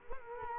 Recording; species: mosquito wingbeat signal from an infrared sensor; Culex quinquefasciatus